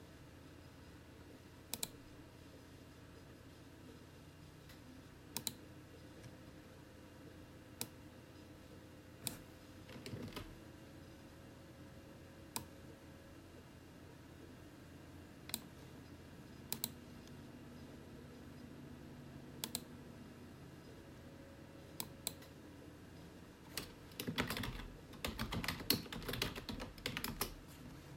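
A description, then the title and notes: Keyboard typing in a small office comes in sparse, isolated clicks for most of the stretch, a keystroke every second or two, then bursts into a quick dense run near the end. A steady low computer hum runs underneath throughout, with faint tonal whirs drifting in and out. Small room office with gentle typing on keyboard, clicking of the computer mouse, and gentle whirring of personal computer nearby.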